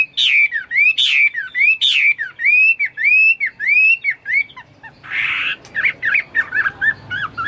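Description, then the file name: Chinese hwamei song: a series of clear arched whistles repeated at an even pace, then a harsh rasping burst and quicker varied notes. "omkicau hwamei"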